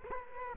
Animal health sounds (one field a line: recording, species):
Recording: mosquito wingbeat signal from an infrared sensor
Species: Culex quinquefasciatus